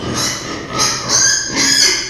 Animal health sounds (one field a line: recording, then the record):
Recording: squeal of a Yucatan mini pig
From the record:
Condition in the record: before surgery on the right vocal fold (resection and tissue-engineered implant)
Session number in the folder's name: 2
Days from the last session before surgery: 0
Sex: male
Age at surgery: 12 weeks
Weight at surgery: 13 kg